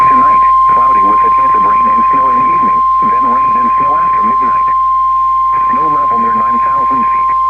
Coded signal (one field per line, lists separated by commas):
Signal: Emergency Alert System (SAME) tones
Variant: 1050 Hz attention tone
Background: speech